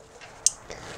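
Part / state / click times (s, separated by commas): auxiliary light into truck grille / seated / 0.5 s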